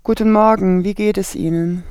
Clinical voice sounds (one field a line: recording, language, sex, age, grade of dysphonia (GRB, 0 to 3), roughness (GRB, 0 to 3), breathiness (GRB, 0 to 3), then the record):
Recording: spoken sentence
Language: German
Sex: female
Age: 30 to 39 years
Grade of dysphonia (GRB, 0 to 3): 1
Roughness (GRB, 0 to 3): 1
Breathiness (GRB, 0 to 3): 0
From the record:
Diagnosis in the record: functional dysphonia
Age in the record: 36 years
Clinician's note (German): Ödematöse Stimmlippen, beginnende Phonationsverdickung, Spalt